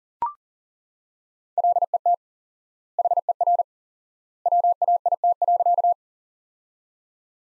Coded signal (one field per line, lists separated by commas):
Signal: Morse code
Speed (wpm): 40 wpm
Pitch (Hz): 700 Hz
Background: none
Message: LET HER WAIT.